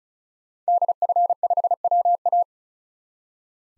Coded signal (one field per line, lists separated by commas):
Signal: Morse code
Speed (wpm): 34 wpm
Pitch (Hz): 700 Hz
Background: none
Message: DF5WA